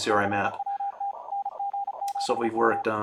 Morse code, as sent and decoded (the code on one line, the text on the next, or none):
-.-. .-- - / -. --. --... --
CWT NG7M